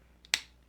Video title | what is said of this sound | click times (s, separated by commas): Vividay Oral Irrigator Review & Comparison to A Portable Water Flosser | like that wait till it clicks and you can turn this as well | 0.3 s